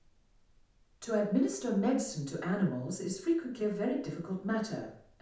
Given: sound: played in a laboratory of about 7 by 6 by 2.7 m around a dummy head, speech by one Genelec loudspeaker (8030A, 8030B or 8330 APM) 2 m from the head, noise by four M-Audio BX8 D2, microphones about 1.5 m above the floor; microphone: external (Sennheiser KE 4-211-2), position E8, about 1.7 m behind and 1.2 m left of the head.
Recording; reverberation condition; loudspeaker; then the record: female speech in English; medium; in front (0 degrees)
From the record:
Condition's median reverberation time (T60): about 510 ms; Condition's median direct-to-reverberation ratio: about -0.5 dB